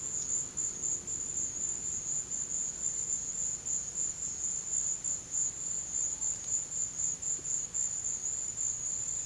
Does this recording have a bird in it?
no